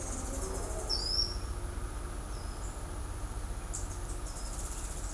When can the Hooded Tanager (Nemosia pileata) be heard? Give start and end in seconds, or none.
0.00-0.94, 3.70-5.13